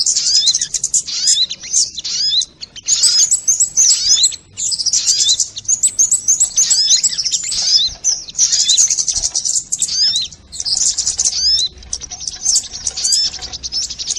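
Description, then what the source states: Crimson sunbird song of rapid, high-pitched twitters and sharp upslurred notes, delivered in busy bursts separated by short gaps. Song in the "labaik" style.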